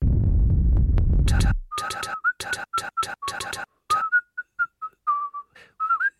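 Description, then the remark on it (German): A low rumbling noise gives way to a lively whistled tune: quick, breathy notes in a bouncing rhythm at first, then sparser, softer phrases with short pauses between them. “Pfeifen, Schnee, Schwaden von vollkommener klanglicher Fülle.”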